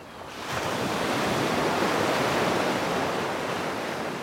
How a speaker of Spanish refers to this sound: las aguas tranquilas del Lingue se funden con las olas incansables del mar